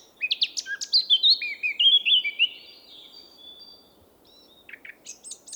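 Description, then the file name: Eurasian blackcap singing a fast phrase of scratchy twitters that turns into clear, fluty whistled notes for about a second and a half, followed by a pause and a few soft, high chips. "Sylvia atricapilla"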